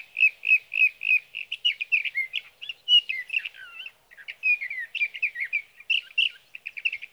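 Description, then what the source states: Sage thrasher song opening with a rhythmic series of repeated similar notes, then shifting into a long varied warble of slurred and buzzy phrases. Male singing through the night near his night roost, evening of June 12 to morning of June 15, 2018, Sierra Valley, California; night song, recorded with a Swift recorder.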